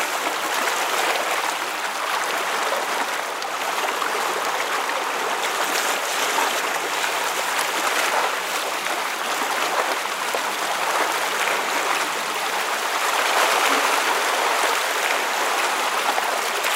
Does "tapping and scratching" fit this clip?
no